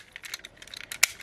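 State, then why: Seated. The ladder arm of a plastic toy zord is tucked back onto its small translucent plastic clip, with a series of light plastic clicks and rattles as it is worked into position. It snaps into place with a sharp, bright snap at 1.0 s, seated.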